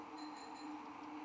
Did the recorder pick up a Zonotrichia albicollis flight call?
no